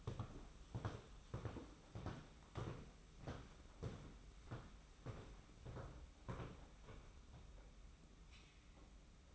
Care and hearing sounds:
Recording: daily activity, microphone in the room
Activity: walk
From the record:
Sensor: 1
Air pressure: 991.6 hPa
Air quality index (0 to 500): 170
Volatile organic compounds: 1000 ppm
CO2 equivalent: 6379 ppm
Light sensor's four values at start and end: 29/101/39/40 and 30/101/39/40

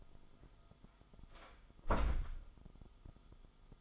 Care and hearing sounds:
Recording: daily activity, microphone in the room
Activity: close door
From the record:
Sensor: 5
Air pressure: 1005.0 hPa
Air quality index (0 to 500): 102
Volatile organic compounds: 2 ppm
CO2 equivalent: 1245 ppm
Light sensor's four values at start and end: 34/79/31/30 and 34/79/32/30

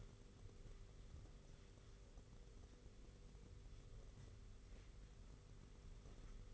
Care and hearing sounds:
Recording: daily activity, microphone in the room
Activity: wipe stove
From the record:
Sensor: 4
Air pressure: 991.3 hPa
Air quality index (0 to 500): 163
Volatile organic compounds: 158 ppm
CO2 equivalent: 4058 ppm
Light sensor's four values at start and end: 25/82/30/31 and 25/81/30/31

